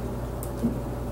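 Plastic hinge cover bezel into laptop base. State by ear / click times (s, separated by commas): not seated / none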